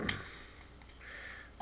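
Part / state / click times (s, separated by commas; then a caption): chest plate into the torso of a transforming toy figure / seated / 0.1 s. During transformation of a plastic toy robot figure, an Earthrise Doubledealer, the chest plate is brought down and pressed into the torso, giving a sharp click at 0.1 s as it locks into place. Fainter ticks follow at about 0.8 s and 1.6 s over low background noise. The chest plate is seated.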